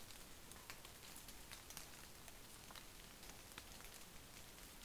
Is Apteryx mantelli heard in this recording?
no